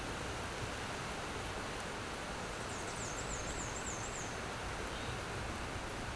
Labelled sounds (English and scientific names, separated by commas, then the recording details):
Black-and-white Warbler (Mniotilta varia) song
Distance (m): 30 m
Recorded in a Pennsylvania forest on 17 May 2023 at 14:21
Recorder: AudioMoth, point grid1_37_low
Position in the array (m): 61 m, 212 m